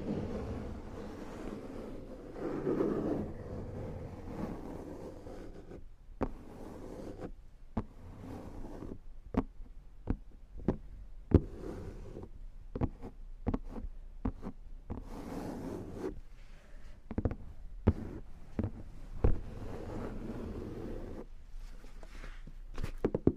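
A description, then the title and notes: Headphone tapping and massage rollers: sharp, irregular taps click across the clip, sometimes in quick pairs, over a low, dull rumbling rub that swells and fades. The rolling sound is heaviest in the first few seconds and again around fifteen seconds. Headphone Tapping & Massage Rollers.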